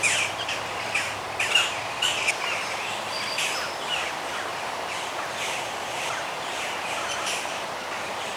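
Bird song with several sharp chirps in the first seconds, then softer scattered tweets over a hissing background.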